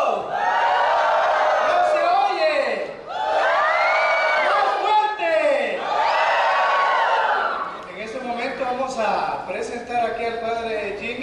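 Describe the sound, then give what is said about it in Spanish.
A crowd at a church gathering praising God erupts in joyful shouting and cheering, loud sustained waves of many voices whooping with rising and falling pitch, swelling three times before breaking into scattered excited calls. “Un grito de júbilo.”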